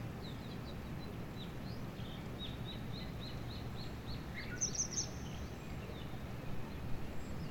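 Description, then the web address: Bird song: a faint, evenly repeated series of high notes, then a few brighter high notes, all over a constant low background rumble. "yacho koe"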